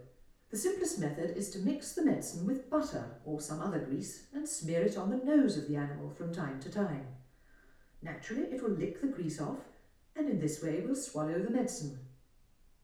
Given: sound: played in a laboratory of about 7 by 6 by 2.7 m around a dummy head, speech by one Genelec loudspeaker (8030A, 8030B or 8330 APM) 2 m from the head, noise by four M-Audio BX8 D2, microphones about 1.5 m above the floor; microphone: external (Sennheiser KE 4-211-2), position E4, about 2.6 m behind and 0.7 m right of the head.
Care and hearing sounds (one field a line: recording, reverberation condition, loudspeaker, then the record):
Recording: female speech in English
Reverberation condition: medium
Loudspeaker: in front (0 degrees)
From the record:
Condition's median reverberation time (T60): about 510 ms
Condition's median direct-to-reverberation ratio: about -0.5 dB